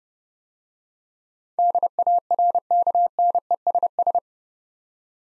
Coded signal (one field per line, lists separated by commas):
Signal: Morse code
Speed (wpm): 30 wpm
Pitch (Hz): 700 Hz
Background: none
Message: DARKNESS